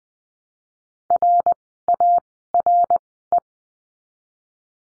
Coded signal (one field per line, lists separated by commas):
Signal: Morse code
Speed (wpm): 20 wpm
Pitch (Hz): 700 Hz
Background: none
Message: RARE